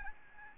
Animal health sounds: mosquito wingbeat signal from an infrared sensor; Aedes albopictus

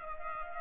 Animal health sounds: mosquito wingbeat signal from an infrared sensor; Culex pipiens

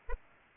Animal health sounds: mosquito wingbeat signal from an infrared sensor; Aedes aegypti

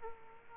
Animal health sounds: mosquito wingbeat signal from an infrared sensor; Aedes aegypti

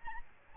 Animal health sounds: mosquito wingbeat signal from an infrared sensor; Aedes albopictus

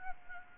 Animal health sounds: mosquito wingbeat signal from an infrared sensor; Aedes albopictus

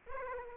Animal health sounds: mosquito wingbeat signal from an infrared sensor; Aedes aegypti

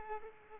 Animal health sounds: mosquito wingbeat signal from an infrared sensor; Culex pipiens

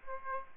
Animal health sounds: mosquito wingbeat signal from an infrared sensor; Aedes aegypti

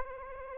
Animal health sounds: mosquito wingbeat signal from an infrared sensor; Anopheles arabiensis

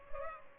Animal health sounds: mosquito wingbeat signal from an infrared sensor; Culex pipiens

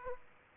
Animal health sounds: mosquito wingbeat signal from an infrared sensor; Aedes aegypti

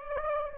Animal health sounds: mosquito wingbeat signal from an infrared sensor; Aedes aegypti

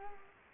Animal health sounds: mosquito wingbeat signal from an infrared sensor; Culex quinquefasciatus

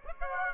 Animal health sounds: mosquito wingbeat signal from an infrared sensor; Aedes aegypti

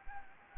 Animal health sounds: mosquito wingbeat signal from an infrared sensor; Anopheles gambiae

